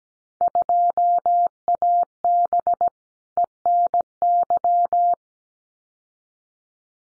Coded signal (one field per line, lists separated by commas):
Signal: Morse code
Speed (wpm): 17 wpm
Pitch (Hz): 700 Hz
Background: none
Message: 2AB ENY